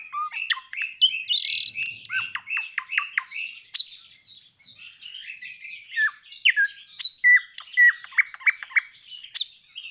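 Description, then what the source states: Nightingale pouring out a dense, rapid jumble of whistles, chirps and harsh notes, with a few brief buzzy bursts. Recorded 26 April 2012.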